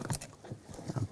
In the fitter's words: And connect the connector so it locks in place.